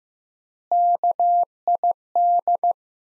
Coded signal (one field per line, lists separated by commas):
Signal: Morse code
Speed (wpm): 15 wpm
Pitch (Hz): 700 Hz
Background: none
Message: KID